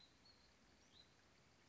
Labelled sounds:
Hutton's Vireo
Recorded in Sonoma County, California

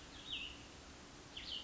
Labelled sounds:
Cassin's Vireo
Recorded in Sonoma County, California

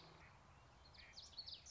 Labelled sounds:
Common Yellowthroat
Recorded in Sonoma County, California

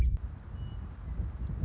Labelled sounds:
Western Meadowlark
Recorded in Sonoma County, California

